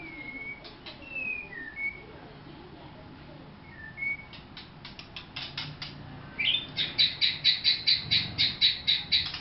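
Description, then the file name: White-rumped shama song: soft scattered whistled notes at first, then a loud fast series of sharp, high chipping notes. Vietnam. "shama vietnam omkicau"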